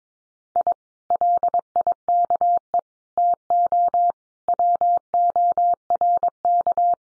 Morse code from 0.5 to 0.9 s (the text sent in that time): I